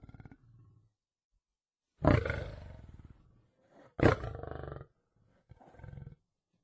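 Lion giving deep, breathy roars: two strong bursts two seconds apart, framed by softer grunting calls at the start and end.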